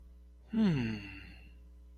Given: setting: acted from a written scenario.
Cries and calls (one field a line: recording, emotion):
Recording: vocal sound without words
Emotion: interest